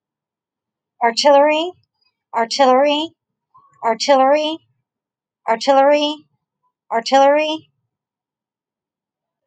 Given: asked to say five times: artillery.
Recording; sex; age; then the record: repeated word; female; 40 to 49 years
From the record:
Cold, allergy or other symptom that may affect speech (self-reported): no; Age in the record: 44 years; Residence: Oklahoma, United States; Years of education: 16